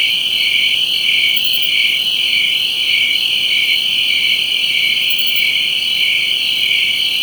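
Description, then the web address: Crickets chirping in a dense, unbroken chorus: high, steady trilling layers with a soft regular pulse. Crickets in a jungle. "Spectrasonics - Heart of Africa 1 Partition H 06 JUNGLE FX CRICKETS"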